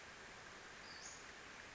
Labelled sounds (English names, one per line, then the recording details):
Western Flycatcher
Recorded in Sonoma County, California